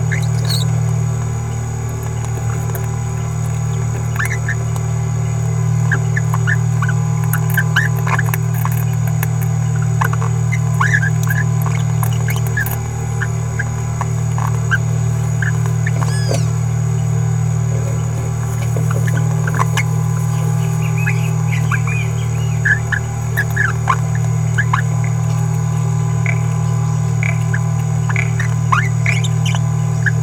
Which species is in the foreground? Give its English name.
Green-rumped Parrotlet